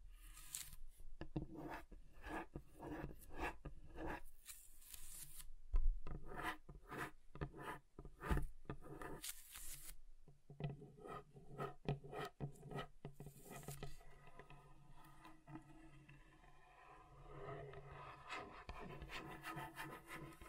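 Scratching across a table's surface, a dense run of sharp, rasping strokes that come in quick irregular bursts, some bright and harsh, others duller and woody. The first half is busiest and loudest; after about fifteen seconds the strokes thin into a softer, steadier rubbing.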